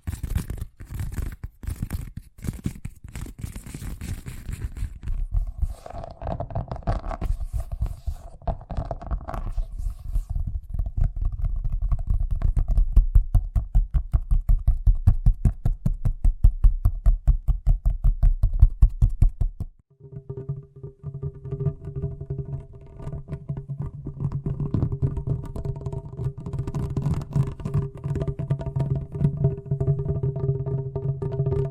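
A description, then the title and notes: Fast tapping runs continuously in dense, rapid strokes, mostly low and thudding with some brighter clicks early on. Around twenty seconds it stops briefly, then resumes with a different sound carrying steady tonal bands, the taps still quick and even. ASMR Braingasm Inducing Fast Tapping (No Talking).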